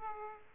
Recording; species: mosquito wingbeat signal from an infrared sensor; Aedes aegypti